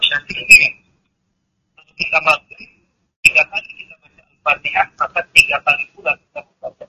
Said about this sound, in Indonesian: Mohon maaf, suara TV Bapak masuk ke telepon.